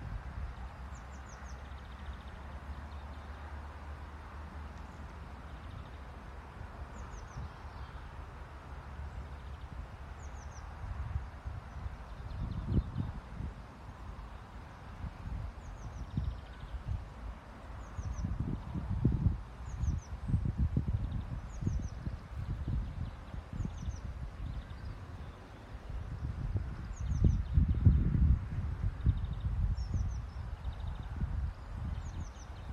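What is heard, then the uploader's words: A small bird repeats faint, high, thin notes every couple of seconds over low rumbling wind gusts that grow louder after the first third. Song battle for territory between a Blue Tit and a Greenfinch, sitting on top of a little bush.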